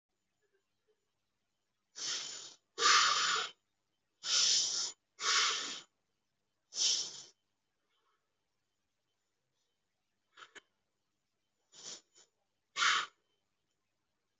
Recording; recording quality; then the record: shallow breathing; excellent, no background noise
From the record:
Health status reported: healthy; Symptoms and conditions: none ticked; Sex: male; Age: 22 years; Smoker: not ticked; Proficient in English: no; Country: India